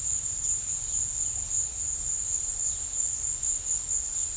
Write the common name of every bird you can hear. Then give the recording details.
none. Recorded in pastures near Puerto Asís, Putumayo, Colombia, on 18 December 2024 at 15:30. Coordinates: 0.496, -76.326. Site G004